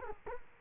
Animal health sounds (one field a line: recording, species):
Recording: mosquito wingbeat signal from an infrared sensor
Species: Culex quinquefasciatus